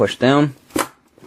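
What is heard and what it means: A second RAM stick is lined up over a motherboard DIMM slot and handled before being pushed down, while someone talks. A brief sharp tap lands around 0.8 s, but nothing has seated or clicked yet.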